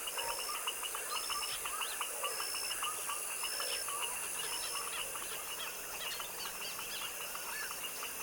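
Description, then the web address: Foaming frog chorus: dense overlapping clicks and short chirps repeating rapidly throughout, with a steady high hiss above. Evening dusk chorus of foaming frogs in a tropical wetland swamp. "Articulated Sounds - Tropical Ambiences TROPICAL Wetland swamp evening foaming frog dusk chorus"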